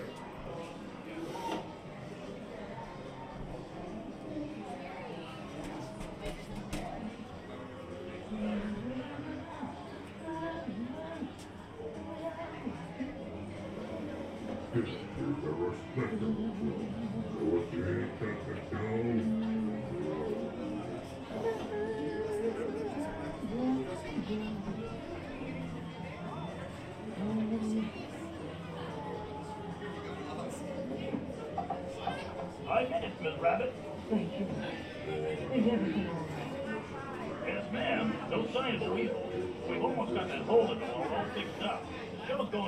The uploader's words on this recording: Mickey's Toon Town, Disneyland Binaural Recording. In this episode, we go on another audio adventure through Disneyland Park in Anaheim, California. This time we stroll through Mickey's Toon Town just days before they were scheduled to shut down for a year of maintenance and refurbishment.